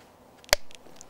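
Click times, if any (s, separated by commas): 0.5 s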